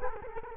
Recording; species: mosquito wingbeat signal from an infrared sensor; Culex quinquefasciatus